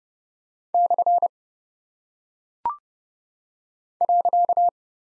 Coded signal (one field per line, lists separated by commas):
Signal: Morse code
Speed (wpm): 30 wpm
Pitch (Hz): 700 Hz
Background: none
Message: / .